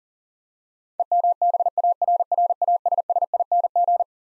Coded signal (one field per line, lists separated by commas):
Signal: Morse code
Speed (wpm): 37 wpm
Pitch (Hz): 700 Hz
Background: none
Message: EMBARRASSING